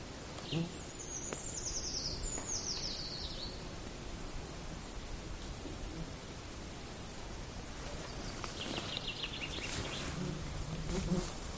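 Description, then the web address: Eurasian treecreeper singing a high, thin, falling series of notes early on, then a softer trill later, against constant low rumbling noise. "linnut puukiipija"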